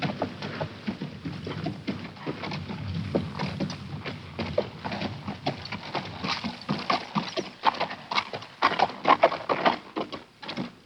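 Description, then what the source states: Horse hoofbeats, irregular clopping steps throughout, getting louder and denser toward the end, over a low rumbling background. Horse making a slow approach.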